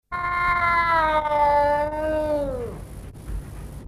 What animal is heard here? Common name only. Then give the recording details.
Clouded Leopard. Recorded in captivity. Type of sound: meow. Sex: male. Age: adult. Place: Tierpark Berlin, Berlin, DE. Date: 1962-04-28 14:00. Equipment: Minifon, Kopie Smaragd. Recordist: Tembrock, Günter. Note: Männchen "Peter": Maunzen, ausgelöst durch Ansprechen. Abstand 0,5 m